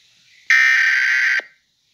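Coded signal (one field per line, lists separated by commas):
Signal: Emergency Alert System (SAME) tones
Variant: header bursts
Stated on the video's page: Fictional EAS scenario about rioters in Iowa, not a real alert.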